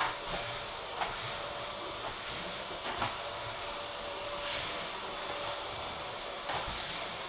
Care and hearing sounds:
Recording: daily activity, microphone in the room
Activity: vacuum cleaning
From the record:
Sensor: 5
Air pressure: 1012.0 hPa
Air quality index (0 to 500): 247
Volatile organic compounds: 5 ppm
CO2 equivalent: 1706 ppm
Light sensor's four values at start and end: 35/82/34/34 and 34/79/32/33

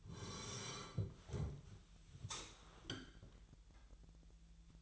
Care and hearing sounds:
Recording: daily activity, microphone in the room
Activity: sit down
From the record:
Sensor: 3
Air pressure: 1001.8 hPa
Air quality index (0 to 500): 249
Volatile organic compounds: 132 ppm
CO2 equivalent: 3940 ppm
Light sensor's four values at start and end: 10/24/10/10 and 9/22/9/10

